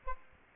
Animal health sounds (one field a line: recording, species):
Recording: mosquito wingbeat signal from an infrared sensor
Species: Aedes albopictus